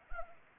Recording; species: mosquito wingbeat signal from an infrared sensor; Anopheles arabiensis